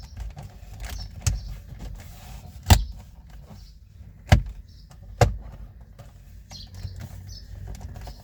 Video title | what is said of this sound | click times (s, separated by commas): How to remove center AC vents in Kia Sportage | Finally, press the center console upper cover back down until all clips click into place. | 1.3 s, 2.7 s, 4.3 s, 5.2 s